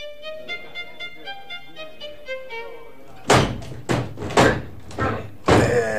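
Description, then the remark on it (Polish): A run of soft, evenly spaced tonal notes gives way to several loud, heavy thuds as a bathroom door is slammed shut and blocked with a knee, the bangs coming in an uneven burst over the last few seconds. “zablokował kolanem drzwi łazienki”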